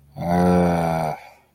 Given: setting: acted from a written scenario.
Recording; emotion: vocal sound without words; shame